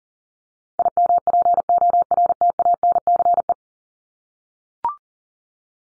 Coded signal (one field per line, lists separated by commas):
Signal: Morse code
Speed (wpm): 40 wpm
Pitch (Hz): 700 Hz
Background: none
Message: IMPORTANCE